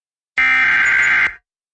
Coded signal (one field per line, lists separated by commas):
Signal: Emergency Alert System (SAME) tones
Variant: header bursts